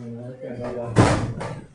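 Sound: door being closed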